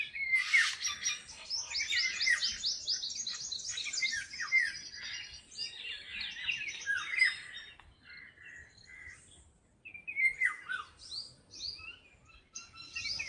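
Birds singing in a busy chorus of quick, high chirps and slurred whistles, thinning into a brief lull midway before sharp chirps return.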